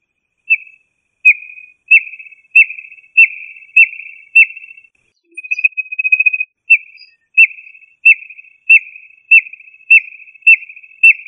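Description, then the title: Quail giving sharp, high whistled notes repeated roughly every two-thirds of a second, each trailing into a short buzzy tremolo, with a longer rattling trill in the middle. "Familia Tinamidae - Quail - Puyuh"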